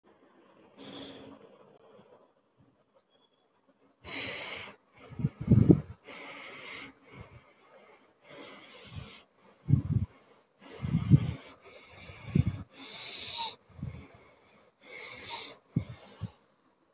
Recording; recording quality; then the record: deep breathing; excellent, no background noise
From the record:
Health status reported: healthy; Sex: male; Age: 52 years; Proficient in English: yes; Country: India